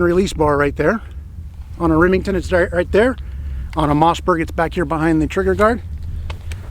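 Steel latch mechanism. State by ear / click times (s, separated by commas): released / 6.3 s, 6.5 s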